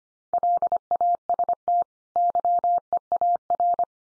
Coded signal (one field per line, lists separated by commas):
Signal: Morse code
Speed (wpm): 25 wpm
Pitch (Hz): 700 Hz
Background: none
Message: LAST YEAR